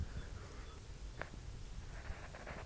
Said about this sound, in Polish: Muchy słychać. Ja cię muchy słychać. Kocham muchy.